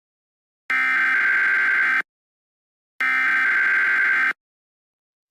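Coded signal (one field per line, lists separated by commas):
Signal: Emergency Alert System (SAME) tones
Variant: header bursts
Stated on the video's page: Fictional EAS scenario made with KineMaster and a narrator voice app.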